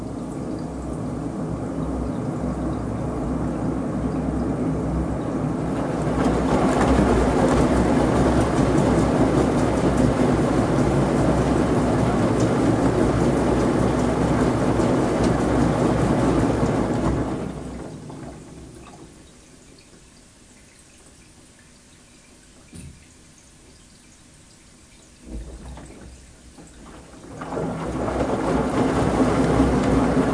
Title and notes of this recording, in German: Wäsche in der Waschmaschine. Gleichmäßigen, rumpelnd-gluckernden Umdrehungen der Waschmaschine